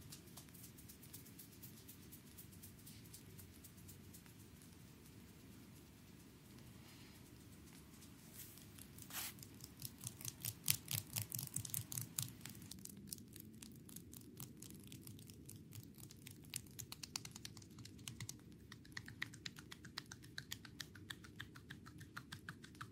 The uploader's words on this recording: ASMR Back and Shoulders massage on chair by Anna.